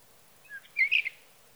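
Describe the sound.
Sage thrasher giving a short burst of warbled, slurred notes after two faint soft whistles.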